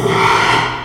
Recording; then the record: squeal of a Yucatan mini pig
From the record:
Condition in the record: after surgery on the right vocal fold (resection and tissue-engineered implant); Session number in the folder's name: 1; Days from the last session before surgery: 6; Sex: male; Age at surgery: 12 weeks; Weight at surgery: 13 kg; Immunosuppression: cyclosporine, prednisolone